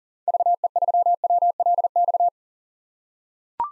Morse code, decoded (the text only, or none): VE3WLX